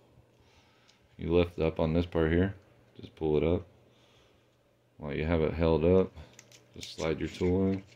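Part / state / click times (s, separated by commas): hex driver bit into ratcheting driver handle / not seated / none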